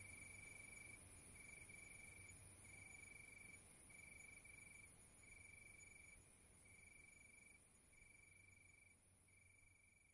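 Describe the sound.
Crickets giving an even, high-pitched pulsed trill in repeated bursts over steady background hiss and low rumble.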